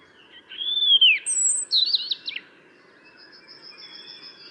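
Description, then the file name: European robin song: a clear whistled slur near the start, then rapid thin high twittering notes and a faint sustained high whistle fading out. "Erithacus rubecula"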